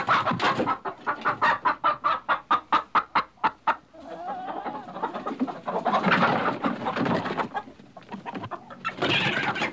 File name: курица